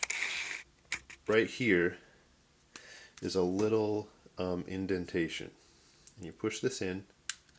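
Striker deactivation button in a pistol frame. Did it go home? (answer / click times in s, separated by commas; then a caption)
no / none. During takedown of a Beretta Nano compact pistol, the small striker deactivation button at an indentation on the frame is being pushed inward to deactivate the striker, while someone talks over brief handling noises. Nothing has clicked or seated yet by the end of the clip.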